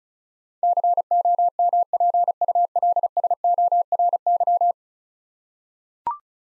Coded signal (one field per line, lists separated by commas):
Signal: Morse code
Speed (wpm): 36 wpm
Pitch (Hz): 700 Hz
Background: none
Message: COMPULSORY